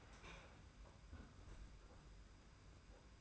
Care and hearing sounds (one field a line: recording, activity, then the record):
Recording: daily activity, microphone in the room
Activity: close fridge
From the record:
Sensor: 2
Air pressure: 991.7 hPa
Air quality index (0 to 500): 222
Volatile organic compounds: 1000 ppm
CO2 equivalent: 7395 ppm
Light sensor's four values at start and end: 26/83/32/30 and 26/83/32/30